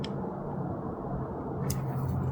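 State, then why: Not seated. A plastic terminal retainer clip is pushed against an electrical connector housing, after a pin has been inserted, during wiring work on a 1952 Ford Crestline Sunliner 6.2 LS project. Brief plastic ticks at 0.0 s and 1.7 s stand out over a steady low hum. The clip does not go in and nothing has seated or clicked yet, because the pin is likely not fully seated.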